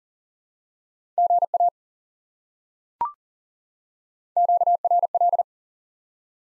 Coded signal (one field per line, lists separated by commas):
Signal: Morse code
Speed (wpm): 40 wpm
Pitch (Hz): 700 Hz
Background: none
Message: GA QRL